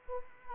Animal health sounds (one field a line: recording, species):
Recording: mosquito wingbeat signal from an infrared sensor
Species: Anopheles arabiensis